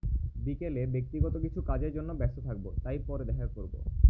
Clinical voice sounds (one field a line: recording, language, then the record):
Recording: elicited speech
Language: Bengali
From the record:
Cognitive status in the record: cognitively healthy